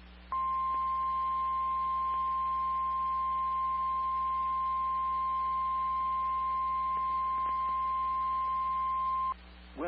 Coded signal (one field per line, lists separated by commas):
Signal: Emergency Alert System (SAME) tones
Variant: 1050 Hz attention tone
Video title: EAS 690: SVR